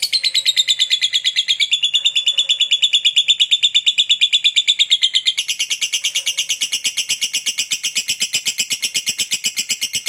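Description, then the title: Lovebird giving a long, rapid chatter of shrill repeated notes. The tone changes midway, and the chatter keeps up without a pause. Lovebird whose calling style is shown as very clever at memancing, baiting other birds into calling. "Dari Gayanya Lovebird Ini Terlihat Pintar Sekali Memancing"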